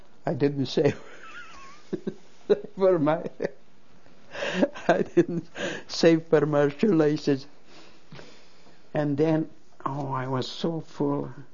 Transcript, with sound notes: I didn't save for my, ( she laughs ) I didn't save for my shoelaces. And then, oh, I was so full